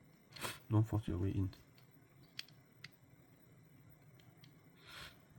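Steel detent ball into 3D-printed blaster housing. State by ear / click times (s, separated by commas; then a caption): seated / 2.4 s, 2.9 s. A 10 mm steel ball is straightened with long-nose pliers and pressed down into its pocket in a 3D-printed blaster housing part, while someone talks at the start. Sharp snap clicks are heard at 2.4 s and 2.9 s as the ball seats. It is firmly in place and will not come out easily.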